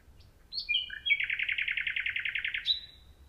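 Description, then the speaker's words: Common nightingale song: a few pure whistled notes, then a rapid series of many identical notes, ending in a single higher note. Lone male singing in the dark in the middle of the night, recorded in 2013. "I already have the sound that I came here for. In the middle of the night, I satisfied my desire and recorded a lone male nightingale singing in the dark."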